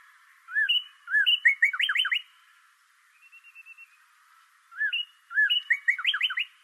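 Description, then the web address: Bird song: two short arched whistles, then a rapid series of buzzy rising-falling notes, repeated twice with a soft trill between phrases. Recorded 26 March 2012. "sounds birds 2012 03 26 bird 01"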